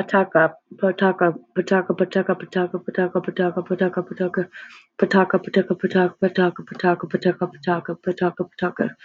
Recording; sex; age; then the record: repeated syllables /pa ta ka/; female; 20 to 29 years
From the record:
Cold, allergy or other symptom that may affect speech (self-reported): no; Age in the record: 23 years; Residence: Texas, United States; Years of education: 12